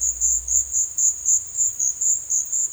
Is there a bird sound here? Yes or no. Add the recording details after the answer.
no. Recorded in secondary vegetation near Puerto Asís, Putumayo, Colombia, on 23 June 2025 at 14:00. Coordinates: 0.499, -76.323. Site G077